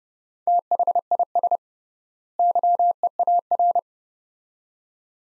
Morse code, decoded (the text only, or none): THIS YEAR